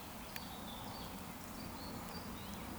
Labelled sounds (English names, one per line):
Eurasian Woodcock whistle